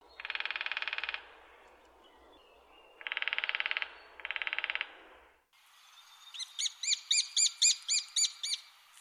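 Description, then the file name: Lesser spotted woodpecker drumming in three rapid, rattling rolls, followed by a run of shrill, repeated kee notes at a steady quick pace. "Kleinspecht"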